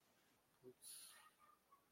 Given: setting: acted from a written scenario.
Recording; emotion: vocal sound without words; guilt